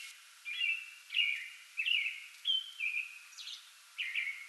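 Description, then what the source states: American robin song with drawn-out whistled phrases, several dropping in pitch. Pre-dawn song bout, 8 May 2022.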